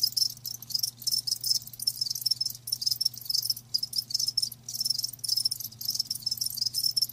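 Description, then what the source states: Crickets chirp in dense, shrill pulsed bursts with brief pauses, over a faint steady low hum. Live crickets chirping.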